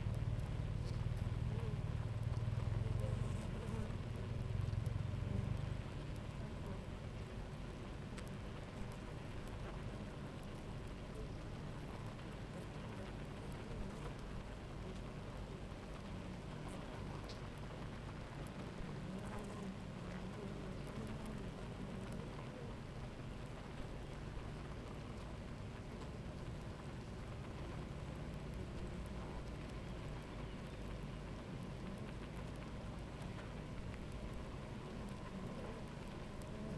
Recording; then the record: honeybee colony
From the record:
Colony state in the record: active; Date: 28 July 2017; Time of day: 10:16